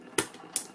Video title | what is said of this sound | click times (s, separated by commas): How to build at $2000 gaming PC video | okay, I heard the click finally. You saw I used a decent amount of pressure to get that in, | 0.2 s, 0.6 s